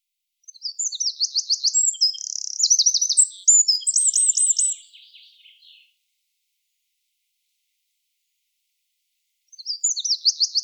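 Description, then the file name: Eurasian wren singing a high, vigorous run of quick chirps and trilled phrases for about five seconds, then silence before another song begins near the end. "Troglodytes troglodytes"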